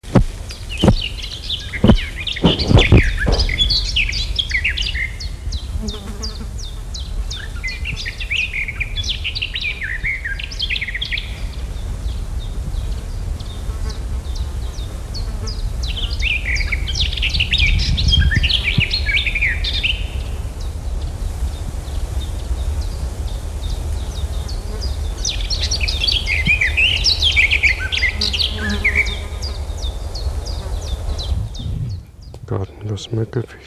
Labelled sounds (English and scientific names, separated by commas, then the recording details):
Garden Warbler (Sylvia borin) song, Common Chiffchaff (Phylloscopus collybita)
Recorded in the wild
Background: Phylloscopus collybita
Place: Feldberg - Koldenhof, Mecklenburgische Seenplatte, Mecklenburg, DE
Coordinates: 53.3294, 13.3136
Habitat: beech forest
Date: 1976-07-03 11:05
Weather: 24°C
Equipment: Uher CR 210, Sennheiser MD 421 HL, Verstärker, Reflektor, Kopie Uher 4200
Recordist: Tembrock, Günter
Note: Buchenhochwald bei Koldenhof, Warsberge, Fichtenbestand. Gesang